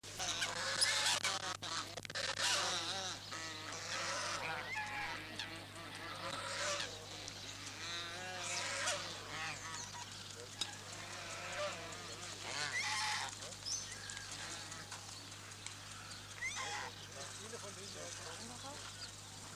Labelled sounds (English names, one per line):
Swan Goose call